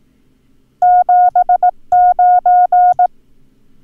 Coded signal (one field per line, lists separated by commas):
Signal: Morse code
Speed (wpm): 18 wpm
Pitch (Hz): 720 Hz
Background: none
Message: 79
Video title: Learn Morse Code - Numbers - Lesson 2